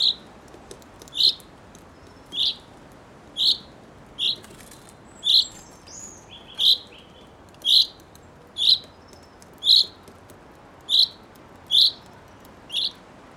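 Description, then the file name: Common chaffinch giving a steady series of brief, bright, high-pitched notes, roughly one per second, around thirteen in all, over quiet background. "Fringilla coelebs"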